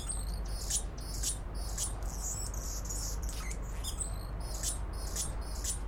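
Anna's hummingbird giving high, thin, scratchy notes in quick bursts repeated throughout, over a steady low rumble of background noise.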